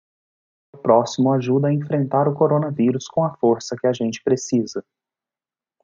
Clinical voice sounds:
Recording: spoken sentence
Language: Brazilian Portuguese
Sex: male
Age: 30 to 39 years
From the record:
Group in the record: control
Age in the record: 30 years

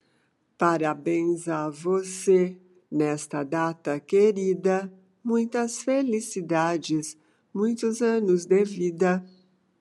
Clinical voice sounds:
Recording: short text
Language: Brazilian Portuguese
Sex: female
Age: 60 to 69 years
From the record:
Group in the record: control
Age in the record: 69 years

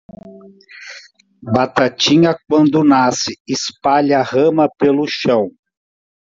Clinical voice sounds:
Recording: short text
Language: Brazilian Portuguese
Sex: male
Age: 70 to 79 years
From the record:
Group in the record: control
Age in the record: 71 years

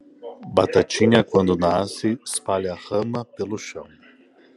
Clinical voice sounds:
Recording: short text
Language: Brazilian Portuguese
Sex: male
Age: 30 to 39 years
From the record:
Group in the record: control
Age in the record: 33 years

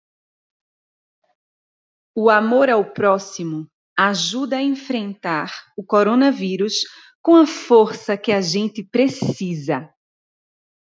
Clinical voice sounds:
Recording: spoken sentence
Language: Brazilian Portuguese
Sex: female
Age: 40 to 49 years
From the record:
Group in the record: control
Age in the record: 45 years

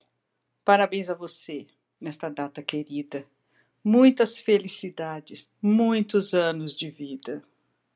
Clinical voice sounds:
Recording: short text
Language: Brazilian Portuguese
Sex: female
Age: 60 to 69 years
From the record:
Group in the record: control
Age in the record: 67 years

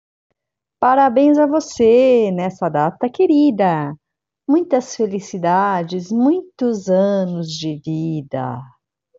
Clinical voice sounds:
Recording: short text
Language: Brazilian Portuguese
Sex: female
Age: 50 to 59 years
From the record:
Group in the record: control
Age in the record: 52 years

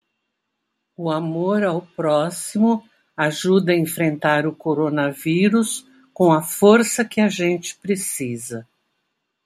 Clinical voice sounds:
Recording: spoken sentence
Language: Brazilian Portuguese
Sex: female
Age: 60 to 69 years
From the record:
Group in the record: control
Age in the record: 65 years

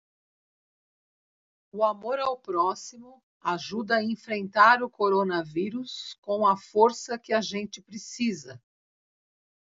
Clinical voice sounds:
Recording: spoken sentence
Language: Brazilian Portuguese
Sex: female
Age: 60 to 69 years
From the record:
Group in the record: control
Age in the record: 61 years

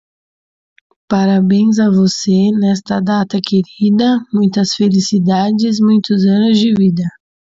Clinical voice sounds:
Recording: short text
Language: Brazilian Portuguese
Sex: female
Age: 20 to 29 years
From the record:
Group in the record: control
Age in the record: 26 years

